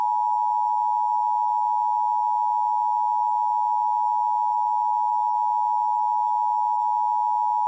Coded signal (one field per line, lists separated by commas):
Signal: Emergency Alert System (SAME) tones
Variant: 853 and 960 Hz attention tone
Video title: EAS Scenario Special - Long Valley (With BlackBird7790)